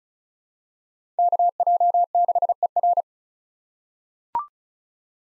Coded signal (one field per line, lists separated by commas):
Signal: Morse code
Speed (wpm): 34 wpm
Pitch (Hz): 700 Hz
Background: none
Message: KJ6ER